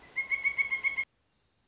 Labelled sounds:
Pileated Woodpecker

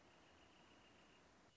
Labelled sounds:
Wrentit

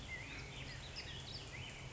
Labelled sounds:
Black-headed Grosbeak

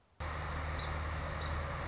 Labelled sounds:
Song Sparrow

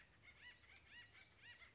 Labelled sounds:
Acorn Woodpecker

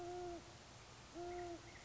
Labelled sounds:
Great Horned Owl

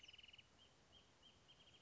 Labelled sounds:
Wrentit

